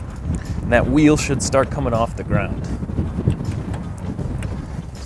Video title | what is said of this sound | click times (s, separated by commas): Ford F150 Complete Towing Guide - Connection Checklist & 360 Degree Camera - 2015 | going to want to keep lowering it you'll hear it click in and | 0.3 s, 0.4 s